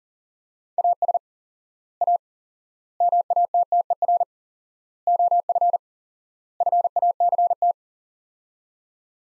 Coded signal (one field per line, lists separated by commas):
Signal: Morse code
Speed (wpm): 40 wpm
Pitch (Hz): 700 Hz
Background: none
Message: AS A MATTER OF FACT